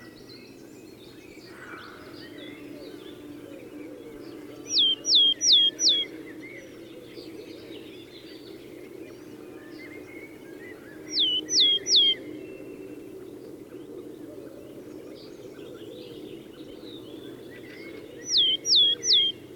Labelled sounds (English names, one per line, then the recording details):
Willow Tit
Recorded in the wild
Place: Brunn, Mecklenburg-Vorpommern, DE
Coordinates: 53.662, 13.335
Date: 1981-04-09 18:57
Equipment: Nagra III BH, Sennheiser MD 21, parabola
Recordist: Schubert, Michael